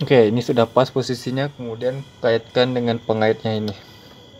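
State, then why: Not seated. An H1 LED headlight bulb is being fitted into a car headlamp projector, with its metal retaining spring clip about to be hooked into the catch. Someone talks throughout, and the audio fades to quiet near the end. Nothing has seated or clicked yet.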